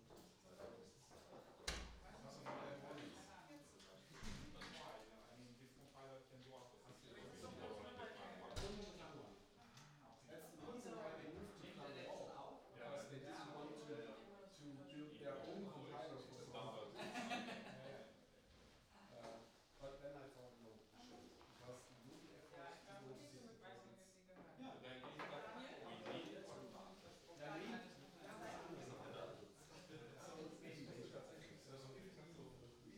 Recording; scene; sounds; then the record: everyday scene through a hearing-aid microphone; many people talking; many voices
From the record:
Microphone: in the ear canal, right